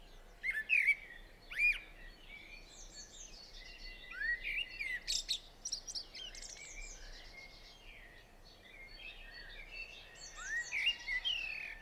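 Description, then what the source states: Eurasian blackbird song: several whistled phrases separated by pauses, over constant low hiss. Singing on a roof, 28 April 2016 at 06:05.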